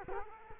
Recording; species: mosquito wingbeat signal from an infrared sensor; Culex quinquefasciatus